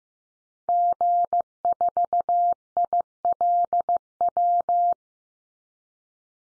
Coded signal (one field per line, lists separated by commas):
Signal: Morse code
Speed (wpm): 15 wpm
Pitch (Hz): 700 Hz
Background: none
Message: G4ILW